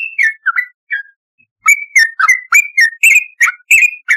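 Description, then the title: Yellow-vented bulbul singing a few scattered whistled notes, a pause, then a faster run of bright slurred notes rising and falling. "Trucukan"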